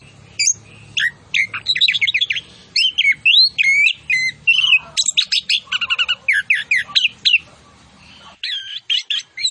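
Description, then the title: Orange-headed thrush song, a long rush of varied whistles, rapid chattering notes and slurred phrases filling nearly ten seconds, with a faint low hum beneath. Master recording of vigorous full song with fill-in phrases including cililin bursts. "Anis Kembang Gacor. MASTERAN ANIS KEMBANG ISIAN FULL DENGAN TEMBAKAN CILILIN"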